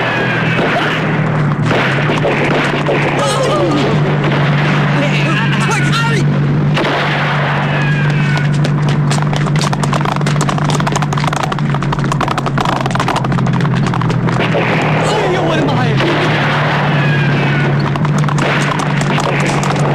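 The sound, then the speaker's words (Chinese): A car engine roars with a steady low drone as the car speeds away fleeing pursuers chasing close behind, overlaid by loud, harsh bursts, bangs and rattling crashes throughout. “金福他们急忙开车逃走，李都督的手下就在后面紧追不舍。”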